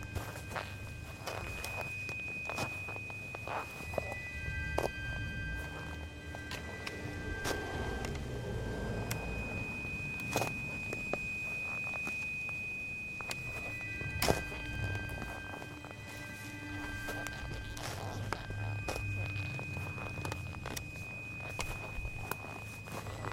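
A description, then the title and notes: Outdoor yard work with scattered knocks, scrapes and footstep-like thumps over a low rumbling bed, with sharper hits near 11 and 14 seconds. Slow, held synth tones sit steadily above the activity, a high sustained note lasting through most of the clip. Yardwork with synths. This episode features a stereo recording of working in the yard and slow meditative synths.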